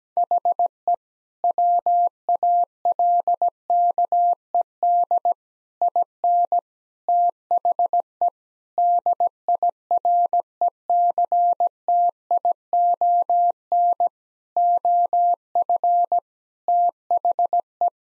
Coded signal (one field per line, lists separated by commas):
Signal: Morse code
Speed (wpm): 17 wpm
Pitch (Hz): 700 Hz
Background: none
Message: HE WALKED IN THE DIRECTION OF THE